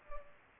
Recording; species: mosquito wingbeat signal from an infrared sensor; Culex pipiens